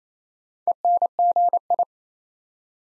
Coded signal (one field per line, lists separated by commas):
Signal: Morse code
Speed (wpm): 27 wpm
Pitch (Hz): 700 Hz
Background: none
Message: ENGI